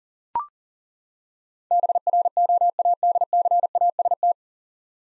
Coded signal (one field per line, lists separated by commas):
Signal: Morse code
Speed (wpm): 40 wpm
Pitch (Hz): 700 Hz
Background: none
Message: BROADCAST